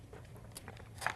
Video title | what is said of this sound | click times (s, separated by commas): 10 Kitchen Gadgets Put To The Test (2018 New) -- You Must Have Gadgets #05 | and then you can put the housing right here and it snaps right into place | 1.1 s